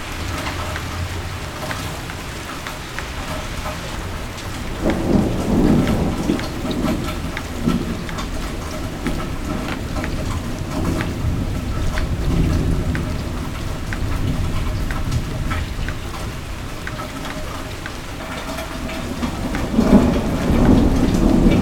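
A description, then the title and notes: Overnight thunderstorm with steady rain pattering across the whole clip, dense fine drops on a surface. A low rumble of thunder rolls in around five seconds and lingers for several seconds, and another deeper swell builds near twenty seconds. Electrical Storm in Boston, United States. A thunderstorm in Boston overnight. Approximately at 11 at night.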